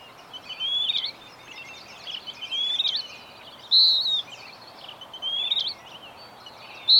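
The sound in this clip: Bird song of busy chirps and short rising whistles, with a loud phrase near the middle and steady hiss beneath.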